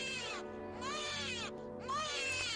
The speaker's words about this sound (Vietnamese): Bất chợt, xen kẽ giữa tiếng róc rách nước chảy vào cốc nhựa là tiếng trẻ con sơ sinh vảng vất đâu đây. Nó cứ lanh lảnh trong đêm tối.